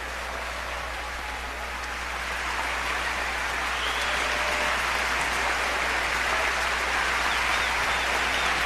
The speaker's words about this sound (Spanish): pianista de 13 años, interpretar el primer movimiento del concierto para piano y orquesta número 3, opus 26, de Sergei Prokofiev, y vemos cómo los aplausos hacen que vuelva justamente al escenario para agradecer pues su desempeño musical.